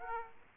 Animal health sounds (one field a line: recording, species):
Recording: mosquito wingbeat signal from an infrared sensor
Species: Aedes aegypti